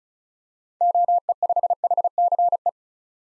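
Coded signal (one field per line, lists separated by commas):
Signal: Morse code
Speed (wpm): 36 wpm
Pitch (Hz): 700 Hz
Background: none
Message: OE5HCE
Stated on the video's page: Morse code drill of common SOTA activator call signs for head-copy at 35 wpm; each call sent, spoken, then sent again.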